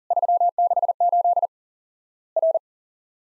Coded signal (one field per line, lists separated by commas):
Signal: Morse code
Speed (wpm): 40 wpm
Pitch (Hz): 700 Hz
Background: none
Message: 368 R